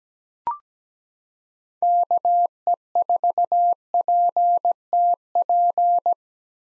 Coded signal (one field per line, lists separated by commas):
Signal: Morse code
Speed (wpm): 17 wpm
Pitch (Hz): 700 Hz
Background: none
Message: KE4PTP